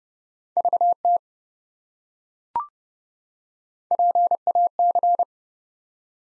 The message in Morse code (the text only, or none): VT PAC